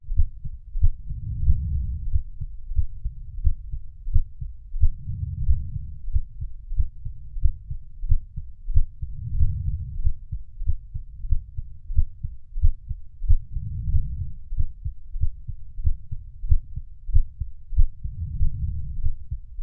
Heartbeat with deep breaths.